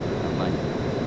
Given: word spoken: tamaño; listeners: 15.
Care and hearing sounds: one Spanish word in noise, from a listening test; speech-shaped noise; -5.8 dB; 1 of 15; 7 of 15; 0.67 s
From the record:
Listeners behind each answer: 7, 2, 1, 1, 1, 1, 1, 1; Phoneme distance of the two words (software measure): 24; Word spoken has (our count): 3 syllables, 6 phonemes, stress on syllable 2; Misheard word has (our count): 2 syllables, 4 phonemes, stress on syllable 1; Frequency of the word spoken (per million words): 70.64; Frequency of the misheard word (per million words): 44.64

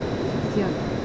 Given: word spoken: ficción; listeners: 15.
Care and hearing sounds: one Spanish word in noise, from a listening test; speech-shaped noise; -4.5 dB; 1 of 15; 8 of 15; 0.66 s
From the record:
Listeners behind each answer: 8, 1, 1, 1, 1, 1, 1, 1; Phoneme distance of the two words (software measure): 17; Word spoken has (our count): 2 syllables, 7 phonemes, stress on syllable 2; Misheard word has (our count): 2 syllables, 6 phonemes, stress on syllable 2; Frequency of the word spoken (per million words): 23.78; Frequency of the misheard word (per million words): 208.37

